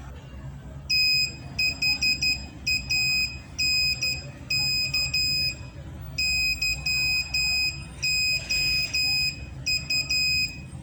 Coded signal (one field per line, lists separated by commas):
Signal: Morse code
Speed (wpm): 12 wpm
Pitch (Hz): 2500 Hz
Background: none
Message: THANK YOU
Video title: Part 2 | CW Morse Code Decoder Encoder non Arduino Based Project